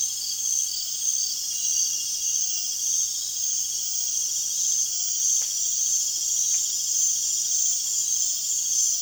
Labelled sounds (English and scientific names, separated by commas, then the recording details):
none
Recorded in dense forest near Puerto Asís, Putumayo, Colombia, on 25 June 2025 at 20:00
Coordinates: 0.466, -76.327
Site GP04